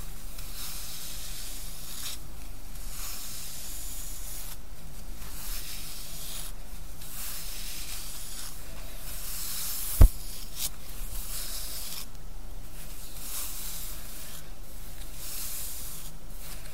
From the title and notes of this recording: ASMR Relaxing Hair Play & Brushing.